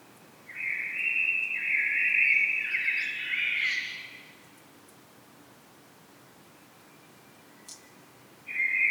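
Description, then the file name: Common blackbird singing one long, rich fluty phrase that steps down then breaks into a higher squeaky flourish, then a pause before a new phrase begins. "Turdus merula"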